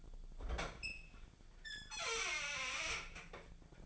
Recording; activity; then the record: daily activity, microphone in the room; open fridge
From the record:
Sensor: 5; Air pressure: 1009.8 hPa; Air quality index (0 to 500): 164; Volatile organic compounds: 4 ppm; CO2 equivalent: 1590 ppm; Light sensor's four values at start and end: 106/274/113/120 and 107/276/114/121